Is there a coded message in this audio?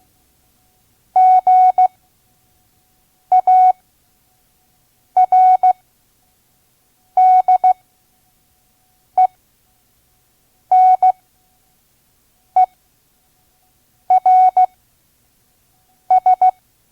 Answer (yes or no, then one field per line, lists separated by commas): yes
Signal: Morse code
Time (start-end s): 1.2-16.5 s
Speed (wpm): 16 wpm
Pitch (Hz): 740 Hz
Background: none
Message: GARDENERS